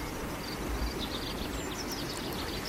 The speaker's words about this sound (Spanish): Se escucha el piular de algún gorrión y cómo el sonido del descender del agua nos confirma que el caudal del río ha aumentado considerablemente.